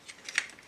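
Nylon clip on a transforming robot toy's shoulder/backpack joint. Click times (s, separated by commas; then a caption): 0.4 s. A tight nylon clip on a transforming robot toy's shoulder/backpack joint is forced back open with a lot of force. A faint click near 0.3 s leads into a sharp, bright crack at 0.4 s, followed by a softer tick near 0.6 s. The clip pops open and releases at 0.4 s.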